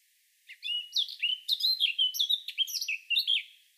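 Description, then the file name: Eurasian blackcap song: one rich, fast warbling phrase of varied whistled and chattering notes, lasting about three seconds, with no other sounds. "Sylvia atricapilla"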